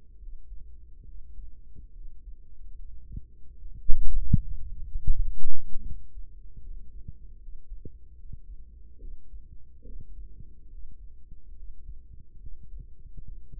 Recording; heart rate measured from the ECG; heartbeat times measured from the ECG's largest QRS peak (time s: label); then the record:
heart sounds by microphone in the right ear; 74 bpm
0.18 s: heartbeat
1.04 s: heartbeat
1.91 s: heartbeat
2.74 s: heartbeat
3.55 s: heartbeat
4.31 s: heartbeat
5.06 s: heartbeat
5.81 s: heartbeat
6.60 s: heartbeat
7.38 s: heartbeat
8.15 s: heartbeat
8.98 s: heartbeat
9.83 s: heartbeat
10.68 s: heartbeat
11.54 s: heartbeat
12.37 s: heartbeat
13.22 s: heartbeat
From the record:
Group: healthy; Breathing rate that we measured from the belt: 17 breaths a minute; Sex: male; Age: 35 years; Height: 178 cm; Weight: 64 kg